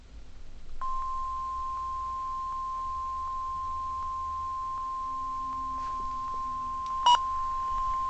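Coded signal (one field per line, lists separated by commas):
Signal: Emergency Alert System (SAME) tones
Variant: 1050 Hz attention tone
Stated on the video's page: Rare live-voice Required Weekly Test, likely toned for only one county, received on a Midland HH54, recorded in poor quality on a Nintendo 3DS.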